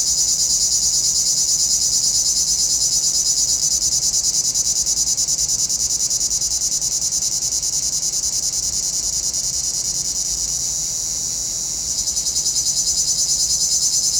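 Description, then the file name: Cicadas buzzing in a dense high chorus with a rapid throb, briefly softening before swelling back near the end. Cicadas heard in a pinewood. "Relaxing Music Therapy - Sounds from a Pinewood Cicadas"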